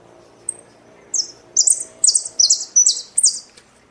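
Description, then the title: Saffron finch song, one thin chip followed by a rhythmic series of loud buzzy downslurred notes, each about every third of a second. "Jilguero Argentino"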